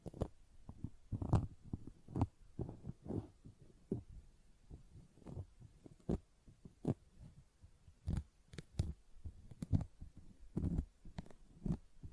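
A sponge is squished and scratched in an irregular run of short, soft, low-pitched bursts, several per second, with brief quiet gaps between them. Sharper crackling scrapes cut through now and then, most clearly around 1, 6, 8 and 10 seconds.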